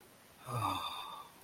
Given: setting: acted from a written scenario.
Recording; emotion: vocal sound without words; romantic love